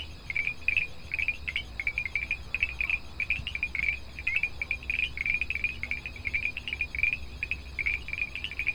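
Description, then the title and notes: Montevideo tree frog calls: dense, rapid trains of short pulsed notes, repeated with brief gaps throughout, with a steady high insect-like hum above and low background rumble. Predominant species in a night recording by Arroyo Sandú stream, Tacuarembó, Uruguay, in a rapidly urbanising part of the city; Wednesday 18 August 2021, around 20:00. "predominantemente Boana pulchella , “ranita de zarzal”"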